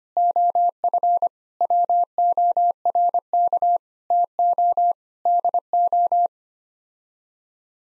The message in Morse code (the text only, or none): OF WORK TO DO